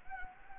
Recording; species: mosquito wingbeat signal from an infrared sensor; Anopheles gambiae